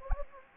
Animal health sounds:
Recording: mosquito wingbeat signal from an infrared sensor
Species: Anopheles gambiae

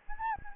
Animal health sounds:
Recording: mosquito wingbeat signal from an infrared sensor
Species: Anopheles gambiae

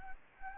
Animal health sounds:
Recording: mosquito wingbeat signal from an infrared sensor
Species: Anopheles gambiae

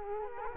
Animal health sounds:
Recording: mosquito wingbeat signal from an infrared sensor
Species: Culex quinquefasciatus

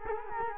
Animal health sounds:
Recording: mosquito wingbeat signal from an infrared sensor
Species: Culex quinquefasciatus

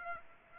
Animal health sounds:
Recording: mosquito wingbeat signal from an infrared sensor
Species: Aedes aegypti

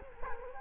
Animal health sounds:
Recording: mosquito wingbeat signal from an infrared sensor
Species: Culex quinquefasciatus

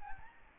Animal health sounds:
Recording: mosquito wingbeat signal from an infrared sensor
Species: Aedes albopictus

